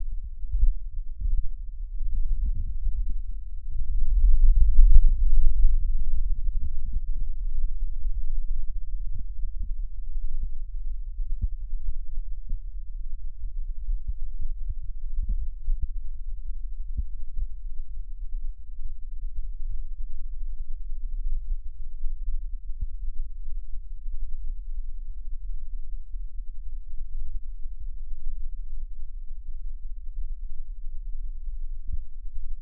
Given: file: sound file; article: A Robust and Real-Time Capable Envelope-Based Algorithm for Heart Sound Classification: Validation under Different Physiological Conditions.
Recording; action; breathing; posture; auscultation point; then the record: heart sounds by electronic stethoscope; rest; normal; sitting; centre of the back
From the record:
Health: healthy, no known heart disease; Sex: male